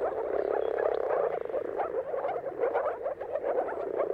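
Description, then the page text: Massed moor frogs give soft, pulsing bubbling calls that run together into one unbroken, throbbing chorus. Mating chorus of moor frogs at sunrise, at the turn of March and April depending on the weather. "Jakub-Orzecki moor frogs. Dawn’s Chorus: Mating Calls of Marsh Frogs at Sunrise. Depending on the weather at the turn of March and April, you can witness an amazing spectacle of moor frogs"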